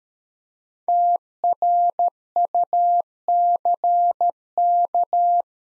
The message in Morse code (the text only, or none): TRUCK